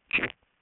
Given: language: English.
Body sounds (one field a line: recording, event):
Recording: throat vibration sensor signal played as sound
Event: swallow